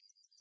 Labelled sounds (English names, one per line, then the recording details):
Yellowhammer song
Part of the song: start
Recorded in the Czech Republic on 8 May 2013
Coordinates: 49.390, 14.051
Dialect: XlB
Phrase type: C32
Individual 288828